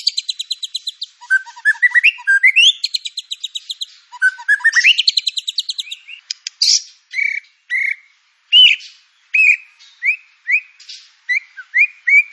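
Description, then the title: White-rumped shama song: two runs of rapid trilled notes sweeping upward, followed by a steady series of short, sharp slurred whistles. Lure (pancingan) song of white-rumped shama with full filler (isian) material; training material. "PANCINGAN MURAI BATU. MURAI BATU FULL MATERI ISIAN"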